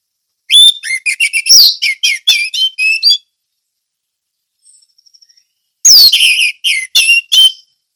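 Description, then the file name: Orange-headed thrush song: two bursts of rapid, varied high whistles and chips separated by a long pause holding faint tiny ticking notes. Indonesian name anis merah; song delivered in the ngeplong teler style. "suara anis merah ngeplong teler"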